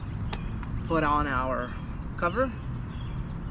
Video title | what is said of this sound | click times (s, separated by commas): First service and valve adjustment Royal Enfield Continental GT650 twin | press until you hear that click we'll | 0.3 s